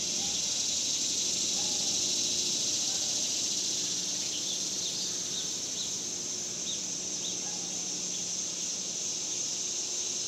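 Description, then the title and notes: Cicadas drone in a high, even buzzing chorus, with scattered faint chirps and a low hum in the background. Cicadas recorded outdoors in summer in the suburbs. "Ext Summer Cicadas, Suburbs"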